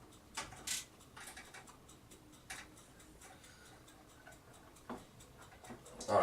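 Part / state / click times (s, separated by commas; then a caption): modular PSU or peripheral cable connectors into their sockets / not seated / none. Several modular PSU or peripheral cable connectors are pushed into their sockets during a PC build, giving only a few faint, short taps and rustles over a quiet background. None of the connectors has clicked into place yet.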